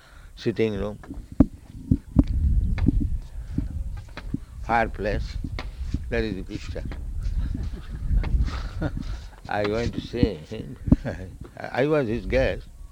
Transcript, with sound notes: sitting room, fireplace. There is the picture. [laughs] I went to see him. I was his guest.